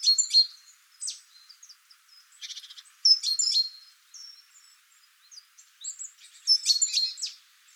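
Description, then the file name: Great tit calls, sharp high chirps in irregular clusters mixed with a brief buzzy rattle and thin whistled notes. "Parus major"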